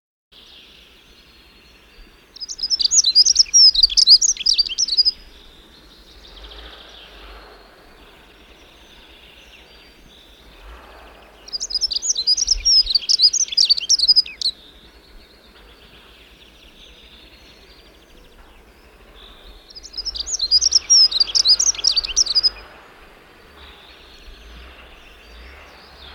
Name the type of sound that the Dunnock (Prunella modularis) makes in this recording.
song